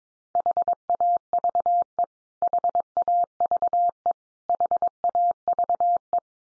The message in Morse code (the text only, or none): HAVE HAVE HAVE